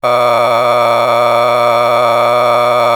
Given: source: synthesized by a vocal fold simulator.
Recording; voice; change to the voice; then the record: sustained vowel; male; a random mix of aspiration noise, stiffness perturbation and strain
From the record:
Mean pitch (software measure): 120 Hz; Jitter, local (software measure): 2.09%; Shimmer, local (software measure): 9.0%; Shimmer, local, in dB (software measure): 0.77 dB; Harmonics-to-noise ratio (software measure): 9.2 dB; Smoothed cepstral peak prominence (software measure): 15.6 dB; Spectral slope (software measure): -12.9 dB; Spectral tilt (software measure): -10.0 dB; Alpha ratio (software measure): -3.4 dB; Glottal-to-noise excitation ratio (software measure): 0.942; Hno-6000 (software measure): 1.8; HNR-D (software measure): 21.9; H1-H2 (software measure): 1.3 dB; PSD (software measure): 2.2e-04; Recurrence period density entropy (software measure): 0.127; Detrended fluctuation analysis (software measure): 0.0300